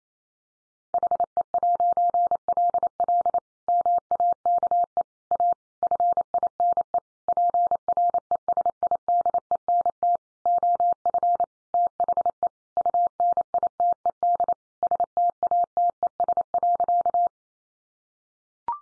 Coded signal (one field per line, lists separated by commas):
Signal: Morse code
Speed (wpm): 28 wpm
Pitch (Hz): 700 Hz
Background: none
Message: HE'LL MAKE A FINE PRESIDENT OF THE UNITED STATES.